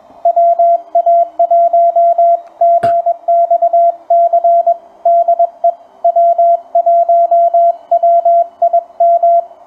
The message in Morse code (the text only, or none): WA1GXC DE W1WIM